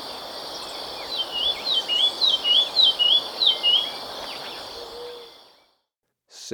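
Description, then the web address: Olivaceous greenlet song, a quick series of high, clear, slurred notes over roughly three seconds, with steady insect hiss behind. Recorded in Ecuador. "Birds of Ecuador. Olivaceous Greenlet"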